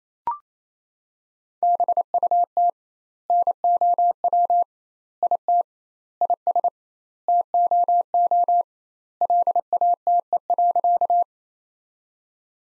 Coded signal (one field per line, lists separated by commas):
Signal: Morse code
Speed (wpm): 28 wpm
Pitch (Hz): 700 Hz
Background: none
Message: BUT NOW IT IS TOO LATE.